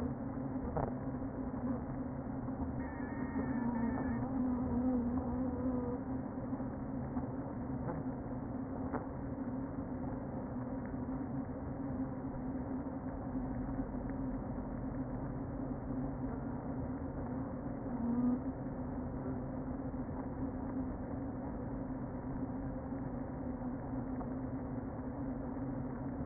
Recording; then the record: honeybee colony, microphone inside the hive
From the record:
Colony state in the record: queen present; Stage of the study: before two queens were removed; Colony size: about 60,000 bees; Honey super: yes